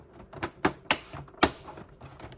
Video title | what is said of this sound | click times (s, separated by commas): Xbox 360 E stuck tray repair step by step DIY | and that top cover goes on and just clicks right in place | 0.9 s, 1.4 s